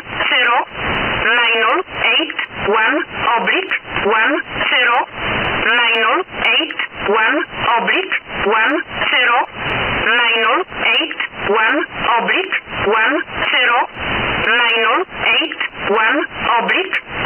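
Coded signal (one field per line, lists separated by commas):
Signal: numbers station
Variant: E11a (Oblique)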